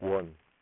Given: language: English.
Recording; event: throat vibration sensor signal played as sound; speech